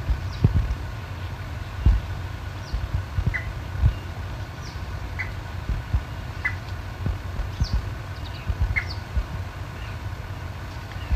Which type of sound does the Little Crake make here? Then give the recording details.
call. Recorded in the wild. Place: Illmitz, AT. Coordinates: 47.7544, 16.7631. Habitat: wetland. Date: 1963-08-13. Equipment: Uher Report 4000, AKG D190. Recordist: Krey, Winfried